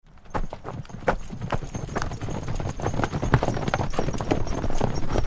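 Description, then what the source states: Horses galloping: many overlapping thudding hoofbeats on dirt, rapid and irregular, growing louder over five seconds. Flock of horses running by on dirt.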